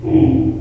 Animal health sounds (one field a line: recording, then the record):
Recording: squeal of a Yucatan mini pig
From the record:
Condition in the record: before surgery on the right vocal fold (resection and tissue-engineered implant)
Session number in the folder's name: 2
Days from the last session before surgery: -15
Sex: female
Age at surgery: 19 weeks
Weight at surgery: 25 kg